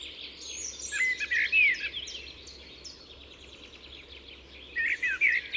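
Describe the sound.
Common blackbird giving rich, warbling notes with squeaky high twitters, a pause of quieter chirping, then another warbled phrase near the end.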